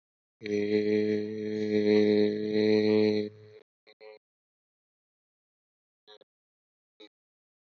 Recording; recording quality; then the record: sustained vowel as in made; excellent, no background noise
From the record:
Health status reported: healthy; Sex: male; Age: 25 years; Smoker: yes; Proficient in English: yes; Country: India